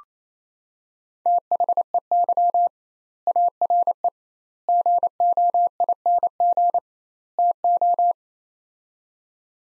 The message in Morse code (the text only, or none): THEY ARE GOING TO